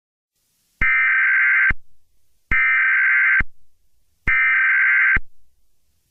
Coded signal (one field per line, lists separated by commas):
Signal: Emergency Alert System (SAME) tones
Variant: header bursts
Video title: EAS Scenario | Chicken Jockey Invasion (#91)